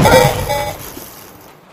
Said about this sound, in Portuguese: Um tiro ecoa no deserto estéril.